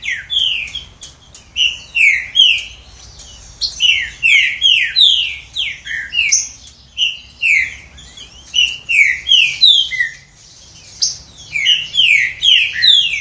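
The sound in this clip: Green-winged saltator delivering many phrases of sharp, descending whistles separated by brief silences.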